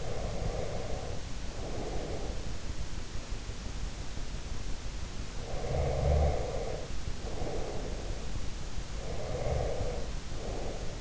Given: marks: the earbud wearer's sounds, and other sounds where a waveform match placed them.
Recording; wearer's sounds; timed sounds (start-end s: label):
sounds in sleep by an in-ear microphone; breath
0.00-2.60 s: breath
5.30-8.67 s: breath
8.92-11.01 s: breath